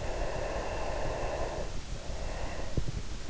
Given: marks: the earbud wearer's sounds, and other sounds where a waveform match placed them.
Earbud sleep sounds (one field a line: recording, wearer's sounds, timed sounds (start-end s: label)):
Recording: sounds in sleep by an in-ear microphone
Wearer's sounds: breath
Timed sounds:
0.11-3.22 s: breath